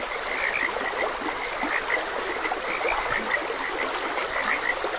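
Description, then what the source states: Frog croaks, quick repeated chirpy notes scattered through five seconds, with a few lower croaks, over continuous trickling stream noise. Frogs croaking beside a gentle stream.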